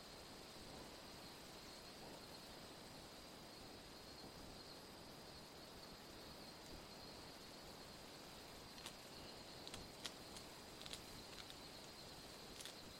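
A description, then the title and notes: A colony of flying foxes chatters at dusk, heard as a dense, steady wash of high squeaks and chirps over soft breeze and bush hiss. From about nine seconds on, a few sharper, brighter calls stand out briefly above the continuous background chatter. Twilight is descending and a colony of Grey-Headed Flying Foxes chatter happily.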